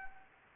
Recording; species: mosquito wingbeat signal from an infrared sensor; Anopheles arabiensis